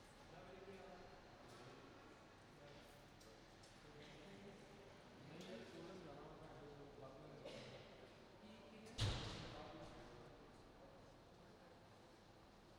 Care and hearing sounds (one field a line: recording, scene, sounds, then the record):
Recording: everyday scene through a hearing-aid microphone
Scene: reverberant space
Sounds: background noise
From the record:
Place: railway station hall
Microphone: in the ear canal, right